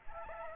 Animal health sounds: mosquito wingbeat signal from an infrared sensor; Aedes aegypti

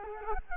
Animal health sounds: mosquito wingbeat signal from an infrared sensor; Culex quinquefasciatus

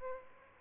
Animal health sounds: mosquito wingbeat signal from an infrared sensor; Aedes albopictus

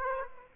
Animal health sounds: mosquito wingbeat signal from an infrared sensor; Aedes aegypti

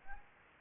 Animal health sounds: mosquito wingbeat signal from an infrared sensor; Anopheles arabiensis

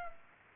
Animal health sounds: mosquito wingbeat signal from an infrared sensor; Aedes aegypti

